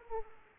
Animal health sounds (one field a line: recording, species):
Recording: mosquito wingbeat signal from an infrared sensor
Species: Aedes aegypti